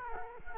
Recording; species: mosquito wingbeat signal from an infrared sensor; Culex quinquefasciatus